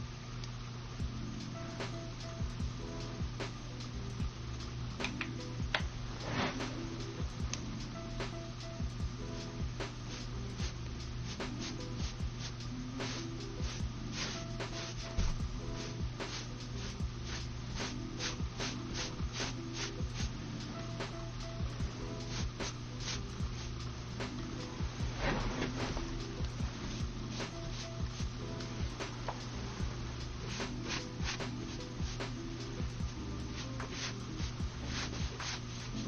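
Makeup being applied: a steady run of small taps and soft clicks continues throughout, with louder knocks near 6, 15 and 25 seconds. A constant low hum sits underneath, and the level stays even from start to finish.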